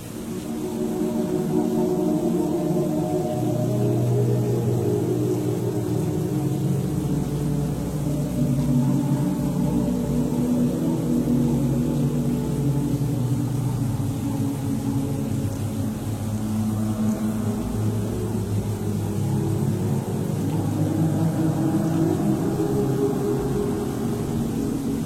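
Stormy monastery ambience: a constant deep rumble of wind with slowly shifting low moaning tones, steady in loudness throughout, with a faint high hiss.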